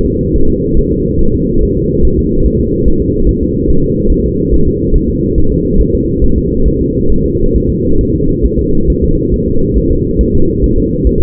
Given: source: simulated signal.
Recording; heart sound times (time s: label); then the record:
fetal heart sounds
0.06 s: S2
0.36 s: S1
0.50 s: S2
0.79 s: S1
0.93 s: S2
1.21 s: S1
1.35 s: S2
1.63 s: S1
1.77 s: S2
2.05 s: S1
2.19 s: S2
2.46 s: S1
2.60 s: S2
2.88 s: S1
3.02 s: S2
3.29 s: S1
3.43 s: S2
3.70 s: S1
3.84 s: S2
4.12 s: S1
4.26 s: S2
4.54 s: S1
4.68 s: S2
4.96 s: S1
5.10 s: S2
5.38 s: S1
5.52 s: S2
5.81 s: S1
5.95 s: S2
6.24 s: S1
6.38 s: S2
6.68 s: S1
6.82 s: S2
7.12 s: S1
7.26 s: S2
7.56 s: S1
7.70 s: S2
8.01 s: S1
8.15 s: S2
8.46 s: S1
8.59 s: S2
8.90 s: S1
9.04 s: S2
9.34 s: S1
9.48 s: S2
9.78 s: S1
9.92 s: S2
10.21 s: S1
10.35 s: S2
10.64 s: S1
10.78 s: S2
11.07 s: S1
11.21 s: S2
From the record:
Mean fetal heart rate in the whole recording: 140 bpm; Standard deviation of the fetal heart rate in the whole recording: 2 bpm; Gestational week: 34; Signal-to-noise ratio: -17.7 dB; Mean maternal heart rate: 72 bpm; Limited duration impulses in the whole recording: present